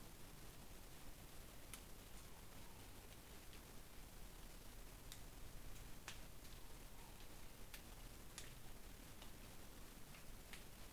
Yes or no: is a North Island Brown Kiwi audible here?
no